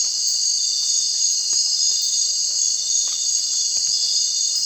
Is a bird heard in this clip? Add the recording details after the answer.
no. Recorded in secondary vegetation near Puerto Asís, Putumayo, Colombia, on 30 June 2025 at 19:00. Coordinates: 0.499, -76.323. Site G077